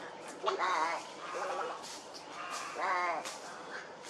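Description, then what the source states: Heron calls: two prominent harsh, wavering croaks, with softer raspy calls in between. Recorded at a heronry.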